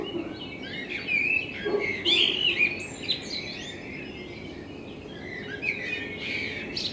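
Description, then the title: Common blackbird song: mellow warbling phrase building to a loud twittering flourish, then quieter fragments, over a steady hiss. Blackbird in front of the recordist's window; captured binaurally with a self-built dummy head, for headphone listening. "Kunstkopfaufnahme der Amsel vor meinem Fenster"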